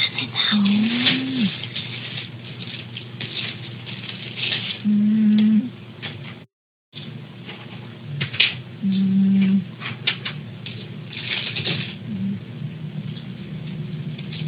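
Soft, irregular snoring from a sleeping pet, roughly 15 breaths a minute. Several breaths carry a brief low hum or squeaky whistling note, giving the snores a very unusual, musical quality. A quiet room hiss stays in the background.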